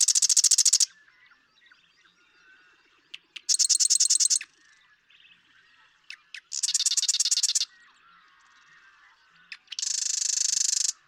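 Marsh Wren song: dry, rapid rattling trills roughly every three seconds, separated by soft chatter.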